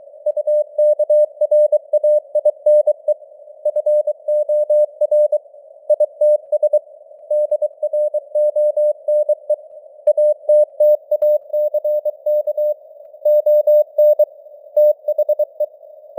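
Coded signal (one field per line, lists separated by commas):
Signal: Morse code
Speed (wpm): 23 wpm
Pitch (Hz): 600 Hz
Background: none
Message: UKRAINE FOR ITS DRONE ATTACK ON THE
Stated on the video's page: Morse news headlines at 23 wpm with simulated radio noise and varying signal strength (QSB).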